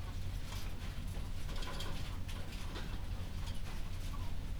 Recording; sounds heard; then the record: poultry house recording; healthy chickens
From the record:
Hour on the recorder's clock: 22